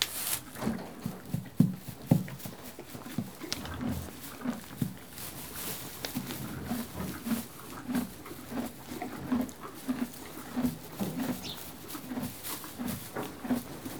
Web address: BBC Sound Effects Library Horses One horse eating hay, and moving